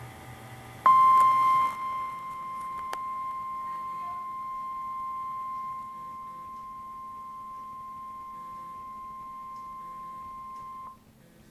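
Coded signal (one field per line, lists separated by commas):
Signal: Emergency Alert System (SAME) tones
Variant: 1050 Hz attention tone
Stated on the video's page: Tornado warning alert tones.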